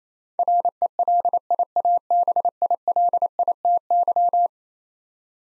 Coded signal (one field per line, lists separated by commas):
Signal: Morse code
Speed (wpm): 27 wpm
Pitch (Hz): 700 Hz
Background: none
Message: RELIABILITY